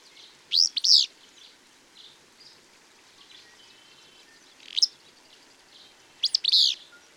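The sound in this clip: Bird song: bright high chirping phrases of clustered sweeping notes, three bursts within seven seconds, faint quieter chirps in the background.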